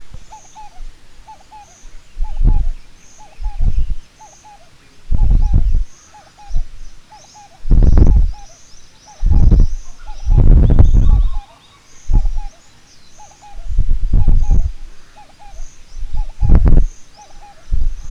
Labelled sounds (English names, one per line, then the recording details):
Vinaceous Dove
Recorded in northern Uganda